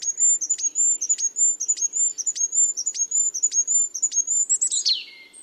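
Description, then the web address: Bird song, a steady series of very high whistled notes, each with a sharp downward tick, about two per second, ending in a brief buzzy flourish. "cianscape. Deverinetal 2025. Bird Only"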